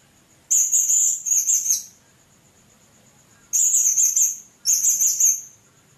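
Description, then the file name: Blue-crowned hanging parrot giving three shrill, very high trilled phrases, each about a second long, separated by quiet pauses. "serindit"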